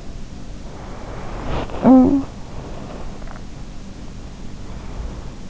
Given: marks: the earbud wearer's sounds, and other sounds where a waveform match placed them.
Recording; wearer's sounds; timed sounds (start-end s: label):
sounds in sleep by an in-ear microphone; breath, body movement, teeth grinding, snoring breath
0.20-2.00 s: breath
0.79-4.36 s: body movement
1.10-1.63 s: sound from someone else or the room
1.42-2.27 s: teeth grinding
1.79-2.40 s: snoring breath
3.51-5.50 s: breath